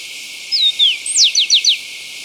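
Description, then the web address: Rufous-collared sparrow song: two sweet whistles falling in pitch, followed by a high slurred note and three quick, sharply descending notes. Ecuador. "Birds of Ecuador. Rufous-Collared Sparrow"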